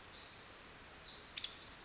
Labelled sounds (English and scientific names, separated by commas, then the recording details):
Pacific Wren (Troglodytes pacificus)
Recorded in Sonoma County, California